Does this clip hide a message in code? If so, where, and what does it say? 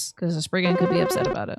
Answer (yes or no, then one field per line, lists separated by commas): no